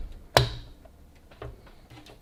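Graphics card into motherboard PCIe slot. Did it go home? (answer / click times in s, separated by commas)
yes / 0.4 s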